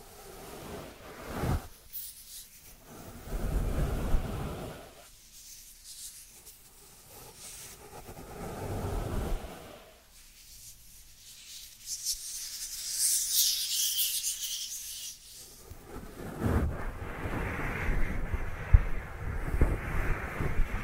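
Dry hands rub and brush against each other in irregular bursts, some slow and swishing, some quicker and scratchier. Quiet gaps separate the strokes, and a bright, hissing rasp appears around thirteen seconds before the rubbing grows busier toward the end.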